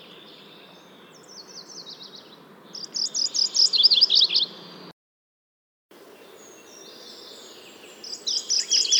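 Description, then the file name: MacGillivray's warbler song: soft introductory notes build into a loud burst of repeated buzzy chips, a brief silent gap, then the phrase begins again over low steady background noise. "Mac Gillivrays Warbler - Geothlypis tolmiei"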